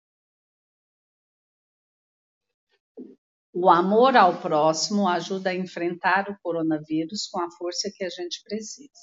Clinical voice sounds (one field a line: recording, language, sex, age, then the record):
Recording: spoken sentence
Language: Brazilian Portuguese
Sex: female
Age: 50 to 59 years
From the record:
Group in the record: control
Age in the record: 53 years